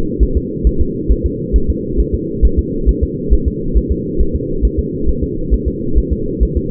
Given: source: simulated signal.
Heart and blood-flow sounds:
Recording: fetal heart sounds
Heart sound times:
0.23 s: S1
0.37 s: S2
0.67 s: S1
0.81 s: S2
1.12 s: S1
1.26 s: S2
1.56 s: S1
1.70 s: S2
2.00 s: S1
2.15 s: S2
2.45 s: S1
2.59 s: S2
2.89 s: S1
3.03 s: S2
3.33 s: S1
3.48 s: S2
3.77 s: S1
3.92 s: S2
4.21 s: S1
4.36 s: S2
4.65 s: S1
4.79 s: S2
5.09 s: S1
5.23 s: S2
5.54 s: S1
5.68 s: S2
5.98 s: S1
6.12 s: S2
6.43 s: S1
6.57 s: S2
From the record:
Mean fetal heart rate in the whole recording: 135 bpm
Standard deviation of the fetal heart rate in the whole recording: 3 bpm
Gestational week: 34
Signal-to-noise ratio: -8.1 dB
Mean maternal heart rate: 72 bpm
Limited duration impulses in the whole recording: absent

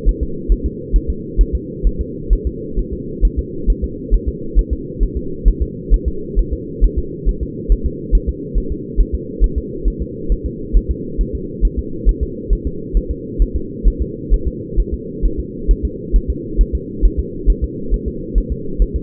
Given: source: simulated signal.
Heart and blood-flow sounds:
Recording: fetal heart sounds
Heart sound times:
0.09 s: S1
0.23 s: S2
0.52 s: S1
0.66 s: S2
0.96 s: S1
1.10 s: S2
1.41 s: S1
1.55 s: S2
1.87 s: S1
2.01 s: S2
2.33 s: S1
2.47 s: S2
2.79 s: S1
2.93 s: S2
3.25 s: S1
3.39 s: S2
3.70 s: S1
3.84 s: S2
4.14 s: S1
4.28 s: S2
4.59 s: S1
4.73 s: S2
5.03 s: S1
5.17 s: S2
5.48 s: S1
5.62 s: S2
5.94 s: S1
6.08 s: S2
6.39 s: S1
6.53 s: S2
6.84 s: S1
6.98 s: S2
7.29 s: S1
7.43 s: S2
7.72 s: S1
7.86 s: S2
8.15 s: S1
8.29 s: S2
8.58 s: S1
8.72 s: S2
9.00 s: S1
9.15 s: S2
9.44 s: S1
9.58 s: S2
9.88 s: S1
10.02 s: S2
10.32 s: S1
10.46 s: S2
10.77 s: S1
10.91 s: S2
11.21 s: S1
11.35 s: S2
11.65 s: S1
11.79 s: S2
12.09 s: S1
12.23 s: S2
12.53 s: S1
12.67 s: S2
12.97 s: S1
13.11 s: S2
13.42 s: S1
13.56 s: S2
13.88 s: S1
14.02 s: S2
14.34 s: S1
14.48 s: S2
14.80 s: S1
14.94 s: S2
15.25 s: S1
15.40 s: S2
15.71 s: S1
15.85 s: S2
16.16 s: S1
16.30 s: S2
16.61 s: S1
16.75 s: S2
17.05 s: S1
17.19 s: S2
17.50 s: S1
17.64 s: S2
17.94 s: S1
18.08 s: S2
18.38 s: S1
18.52 s: S2
18.82 s: S1
18.96 s: S2
From the record:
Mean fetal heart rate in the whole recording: 135 bpm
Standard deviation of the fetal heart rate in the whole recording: 3 bpm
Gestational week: 36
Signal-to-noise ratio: -4.3 dB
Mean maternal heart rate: 72 bpm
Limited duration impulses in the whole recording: absent

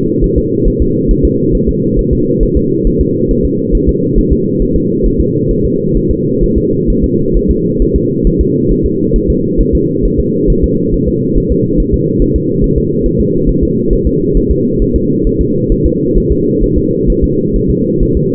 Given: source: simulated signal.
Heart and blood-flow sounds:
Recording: fetal heart sounds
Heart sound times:
0.24 s: S1
0.38 s: S2
0.68 s: S1
0.82 s: S2
1.11 s: S1
1.25 s: S2
1.55 s: S1
1.69 s: S2
1.99 s: S1
2.13 s: S2
2.43 s: S1
2.57 s: S2
2.87 s: S1
3.01 s: S2
3.31 s: S1
3.45 s: S2
3.75 s: S1
3.89 s: S2
4.18 s: S1
4.33 s: S2
4.62 s: S1
4.76 s: S2
5.06 s: S1
5.21 s: S2
5.51 s: S1
5.65 s: S2
5.97 s: S1
6.11 s: S2
6.44 s: S1
6.58 s: S2
6.90 s: S1
7.04 s: S2
7.37 s: S1
7.51 s: S2
7.82 s: S1
7.96 s: S2
8.27 s: S1
8.41 s: S2
8.72 s: S1
8.86 s: S2
9.16 s: S1
9.30 s: S2
9.60 s: S1
9.75 s: S2
10.05 s: S1
10.19 s: S2
10.50 s: S1
10.64 s: S2
10.94 s: S1
11.08 s: S2
11.38 s: S1
11.52 s: S2
11.80 s: S1
11.94 s: S2
12.22 s: S1
12.36 s: S2
12.64 s: S1
12.78 s: S2
13.06 s: S1
13.20 s: S2
13.49 s: S1
13.63 s: S2
13.93 s: S1
14.07 s: S2
14.37 s: S1
14.51 s: S2
14.82 s: S1
14.96 s: S2
15.27 s: S1
15.41 s: S2
15.72 s: S1
15.86 s: S2
16.18 s: S1
16.32 s: S2
16.63 s: S1
16.78 s: S2
17.10 s: S1
17.24 s: S2
17.56 s: S1
17.70 s: S2
18.03 s: S1
18.17 s: S2
From the record:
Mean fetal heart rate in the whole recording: 135 bpm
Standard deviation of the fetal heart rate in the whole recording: 3 bpm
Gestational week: 36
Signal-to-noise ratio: -11.2 dB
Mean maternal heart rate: 72 bpm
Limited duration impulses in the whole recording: present

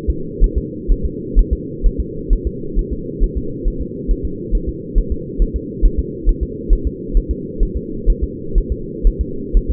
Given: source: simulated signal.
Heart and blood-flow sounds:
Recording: fetal heart sounds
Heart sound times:
0.10 s: S2
0.44 s: S1
0.58 s: S2
0.92 s: S1
1.05 s: S2
1.39 s: S1
1.53 s: S2
1.86 s: S1
2.00 s: S2
2.33 s: S1
2.47 s: S2
2.79 s: S1
2.93 s: S2
3.23 s: S1
3.37 s: S2
3.68 s: S1
3.81 s: S2
4.11 s: S1
4.25 s: S2
4.55 s: S1
4.69 s: S2
4.98 s: S1
5.12 s: S2
5.42 s: S1
5.56 s: S2
5.85 s: S1
5.99 s: S2
6.29 s: S1
6.43 s: S2
6.73 s: S1
6.87 s: S2
7.17 s: S1
7.31 s: S2
7.63 s: S1
7.77 s: S2
8.10 s: S1
8.24 s: S2
8.58 s: S1
8.72 s: S2
9.07 s: S1
9.21 s: S2
9.57 s: S1
9.71 s: S2
From the record:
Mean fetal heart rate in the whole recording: 130 bpm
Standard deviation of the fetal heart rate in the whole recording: 4 bpm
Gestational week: 38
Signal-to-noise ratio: -4.3 dB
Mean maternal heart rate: 72 bpm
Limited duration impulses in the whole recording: absent

